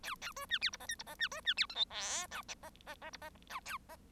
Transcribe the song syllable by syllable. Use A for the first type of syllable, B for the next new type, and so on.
A A B C D E F G E F C B C D H I J K F F F E F K A F